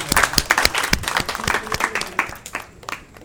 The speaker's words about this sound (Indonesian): Saya rasa sekian, kita beri tepuk tangan buat narasumber kita hari ini.